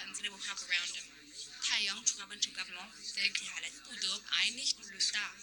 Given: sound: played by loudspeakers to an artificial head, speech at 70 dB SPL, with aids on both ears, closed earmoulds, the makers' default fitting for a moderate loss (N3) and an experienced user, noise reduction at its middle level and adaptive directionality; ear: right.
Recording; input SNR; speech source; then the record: speech test signal (ISTS) in cocktail-party noise; 0 dB; on the right (90 degrees)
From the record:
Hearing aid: class 1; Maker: J